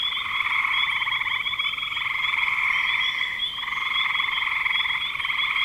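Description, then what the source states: Many frogs trilling together in a thick, unbroken chorus, rapid pulses blending into a steady high drone with a brief lull midway. Frogs recorded in spring 2025.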